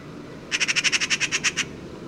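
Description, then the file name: Eurasian magpie rattling chatter, about a dozen harsh, dry notes delivered rapidly and evenly for roughly a second, with quiet background noise. "Pica pica"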